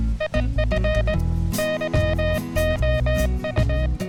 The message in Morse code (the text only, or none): IF YOU